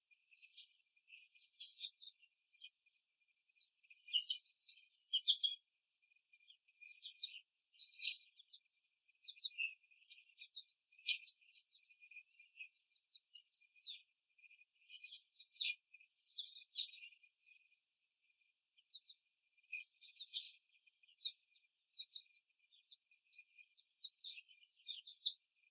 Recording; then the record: young laying hens in a cage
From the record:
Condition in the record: before the stressor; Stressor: simulated dog barking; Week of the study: 3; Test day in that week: 1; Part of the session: 4